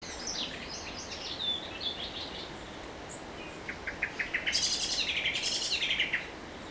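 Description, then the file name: Common blackbird calls: thin high notes early on, then a fast rattling chatter of sharp repeated notes building over the last three seconds against soft background hiss. "Turdus merula"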